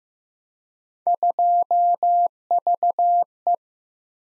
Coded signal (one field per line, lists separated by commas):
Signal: Morse code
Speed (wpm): 15 wpm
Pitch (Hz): 700 Hz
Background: none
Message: 2VE